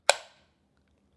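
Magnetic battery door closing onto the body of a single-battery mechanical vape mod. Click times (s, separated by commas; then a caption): 0.1 s. The magnetic, machined metal battery door of a compact single-battery Clutch 21700 mechanical vape mod is closed, and its magnets pull it home onto the body. A single sharp, loud metallic snap lands at 0.1 s, with a bright ring that fades by about 0.35 s, followed by near silence. The door is seated with a satisfying snap.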